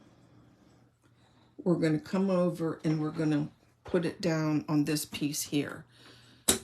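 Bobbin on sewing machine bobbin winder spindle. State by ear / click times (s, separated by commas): seated / 6.5 s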